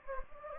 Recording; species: mosquito wingbeat signal from an infrared sensor; Anopheles gambiae